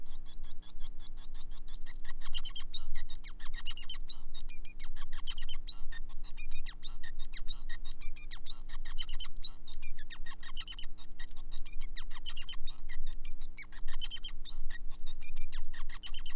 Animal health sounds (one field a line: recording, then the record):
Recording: song of a male Bengalese finch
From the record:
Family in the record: son of father 5